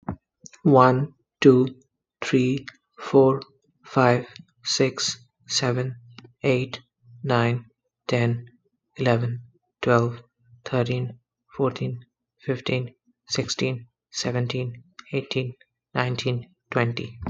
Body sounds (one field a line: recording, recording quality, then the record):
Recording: counting at a normal pace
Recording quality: excellent, no background noise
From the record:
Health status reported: healthy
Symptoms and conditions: hypertension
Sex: male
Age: 35 years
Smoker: yes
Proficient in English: yes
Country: United States